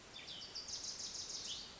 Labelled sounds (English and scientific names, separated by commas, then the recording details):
Wilson's Warbler (Cardellina pusilla)
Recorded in Sonoma County, California